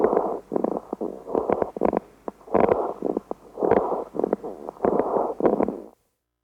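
Rapid infant breathing, about 50 a minute, with mild fine popping crackles in both inspiration and expiration.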